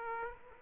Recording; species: mosquito wingbeat signal from an infrared sensor; Aedes aegypti